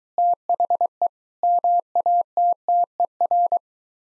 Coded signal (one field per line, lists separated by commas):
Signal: Morse code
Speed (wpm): 22 wpm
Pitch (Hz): 700 Hz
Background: none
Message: THE MATTER